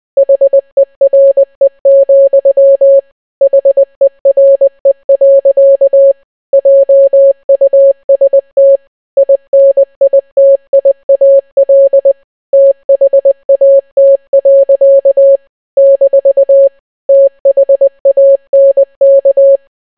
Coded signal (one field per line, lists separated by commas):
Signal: Morse code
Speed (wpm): 20 wpm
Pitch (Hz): 550 Hz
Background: none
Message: HERE, HERE. JUST INITIAL THAT. - THANK